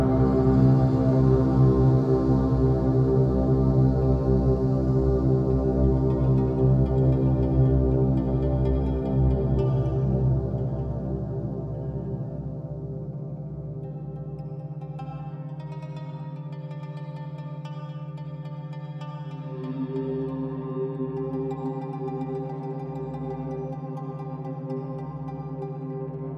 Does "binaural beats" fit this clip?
yes